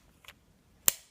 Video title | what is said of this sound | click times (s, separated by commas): How to set Zero Stop Leupold CDS Target Turrets | fits down in there and you hear it click and it fits down in there now when you spin it clockwise | 0.9 s